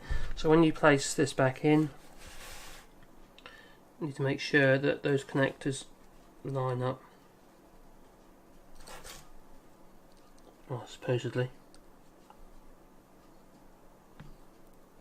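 Someone talks while lining up the iPhone 5 battery's flex connector with its socket on the phone's logic board before pressing it home, with a few faint, brief handling ticks between the speech. Nothing has seated or clicked yet.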